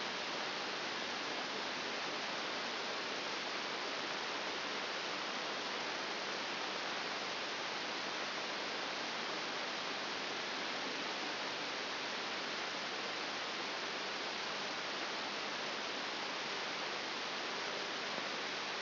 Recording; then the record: brain microelectrode recording played as sound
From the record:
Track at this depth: outside the subthalamic nucleus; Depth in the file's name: 0.104 mm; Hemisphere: right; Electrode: 3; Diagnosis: Parkinson's disease